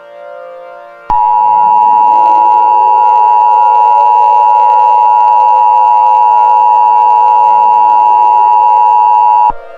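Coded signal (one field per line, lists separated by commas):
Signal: Emergency Alert System (SAME) tones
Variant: 853 and 960 Hz attention tone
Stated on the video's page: Simulated EAS scenario, remastered.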